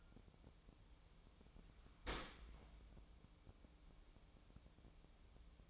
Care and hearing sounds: daily activity, microphone in the room; open dishwasher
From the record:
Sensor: 1

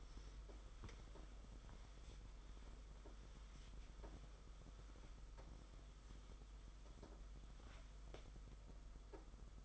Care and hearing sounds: daily activity, microphone in the room; wipe stove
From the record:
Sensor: 5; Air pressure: 991.6 hPa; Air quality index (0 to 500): 127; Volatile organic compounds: 59 ppm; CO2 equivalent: 3407 ppm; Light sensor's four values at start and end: 34/102/40/43 and 32/96/38/40

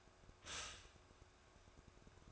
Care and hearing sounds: daily activity, microphone in the room; stop toaster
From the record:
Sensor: 2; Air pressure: 1004.1 hPa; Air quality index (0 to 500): 192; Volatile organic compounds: 11 ppm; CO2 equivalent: 2296 ppm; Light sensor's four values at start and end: 4/10/4/4 and 4/10/4/4

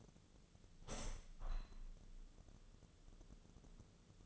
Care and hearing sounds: daily activity, microphone in the room; open window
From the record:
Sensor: 4

